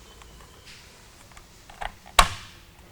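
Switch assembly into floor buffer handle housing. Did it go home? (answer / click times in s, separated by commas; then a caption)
yes / 2.2 s. During reassembly of an American Sanders RS-16 DC floor buffer's handle, the switch assembly is pressed into its housing over alignment pins. Soft handling noises around 1.8 s lead to a sharp snap at 2.2 s as the switch assembly seats in place.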